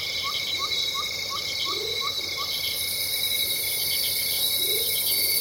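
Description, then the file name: Insects fill the air with a dense, steady high buzzing and a constant shrill tone, while a short chirp repeats rapidly at mid pitch and soft low rising notes come and go. Loud insects in tropical rainforest ambience, Venezuela. "felix blume nature tropical rainforest ambience venezuela loud insects"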